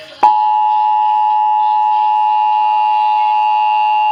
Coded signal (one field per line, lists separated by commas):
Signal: Emergency Alert System (SAME) tones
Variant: 853 and 960 Hz attention tone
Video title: SEVERE RISK... EAS Alerts From 6/3/24 (EAS#1,495 - #1,499)